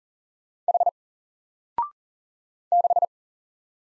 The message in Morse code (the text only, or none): H 6